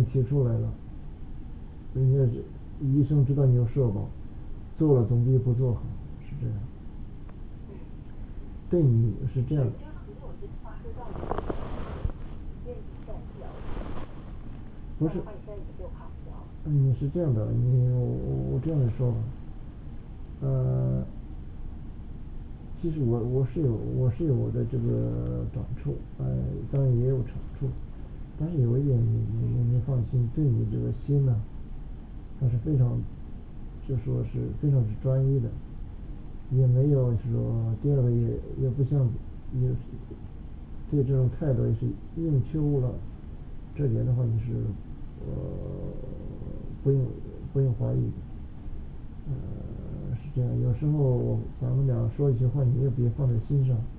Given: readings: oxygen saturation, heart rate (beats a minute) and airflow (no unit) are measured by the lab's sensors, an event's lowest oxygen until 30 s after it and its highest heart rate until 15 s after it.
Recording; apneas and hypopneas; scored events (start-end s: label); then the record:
a person awake in a sleep study, by a smartphone at the bedside; none
0.00-53.98 s: awake
From the record:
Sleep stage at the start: awake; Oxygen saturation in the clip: 95 to 96%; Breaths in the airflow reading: 12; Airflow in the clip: -6.6 to 5.6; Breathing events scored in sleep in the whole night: 216 in 7.0 hours asleep